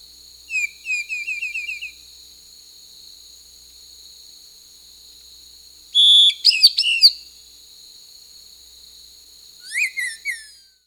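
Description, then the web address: Lawrence's thrush song: a quick series of short chirps, then a loud burst of varied notes and a later cluster of descending whistles, over a steady high insect drone. South America. "Natures Songs S America Lawrence's Thrush"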